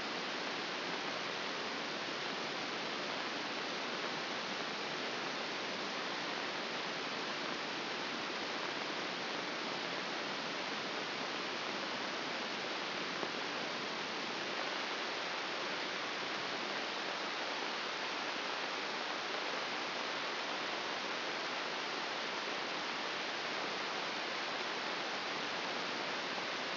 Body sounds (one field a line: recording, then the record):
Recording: brain microelectrode recording played as sound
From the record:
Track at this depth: outside the subthalamic nucleus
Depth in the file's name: 6.001 mm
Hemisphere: right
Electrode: 2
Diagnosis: Parkinson's disease